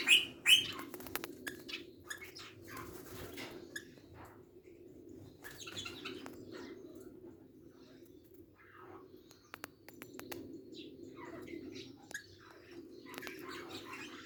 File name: barnardius zonarius